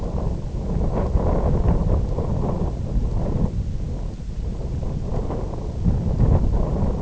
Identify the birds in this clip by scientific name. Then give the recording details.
none. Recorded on Arctic tundra, site IGLO-F, on 19 June 2018. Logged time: 00:00